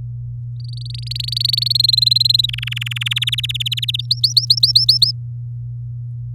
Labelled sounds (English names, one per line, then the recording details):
Domestic Canary song
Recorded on 4 May 2018 at 05:48
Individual llb16